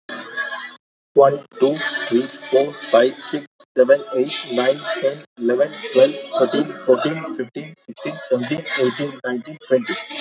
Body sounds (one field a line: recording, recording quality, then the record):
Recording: counting at a fast pace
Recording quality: moderate, slight background noise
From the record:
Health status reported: healthy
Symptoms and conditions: none ticked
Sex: male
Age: 44 years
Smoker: not ticked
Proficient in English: yes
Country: India